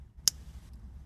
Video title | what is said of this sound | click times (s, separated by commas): ▶ Rolex Submariner No-Date Stainless Steel, Black Ceramic UNBOXING & REVIEW - 40mm, Black, 114060 | and that's it just push it in it clicks right in and that makes this | 0.3 s